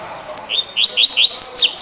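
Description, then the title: Double-collared seedeater song: a quick run of high, slurred upward-then-falling notes, repeated rapidly and ending in sharper descending whistles. "Canto Coleiro"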